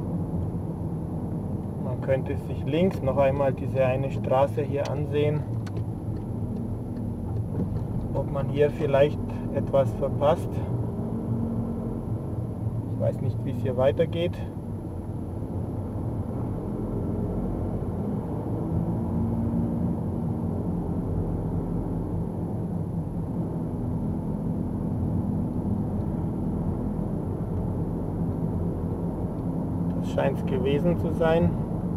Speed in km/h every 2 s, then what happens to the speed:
32, 26, 23, 23, 25, 27, 22, 24, 32, 35, 36, 35, 35, 36, 38, 38.
0-4 slows to 23. 4-13 steady at about 23. 13-19 speeds up to 36. 19-32 steady at about 36.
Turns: none.